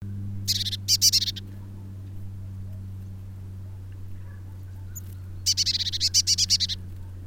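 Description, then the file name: Eurasian blue tit gives two dry, rapid churring rattles of high notes, one early and one late, over a steady low hum. "Cyanistes caeruleus"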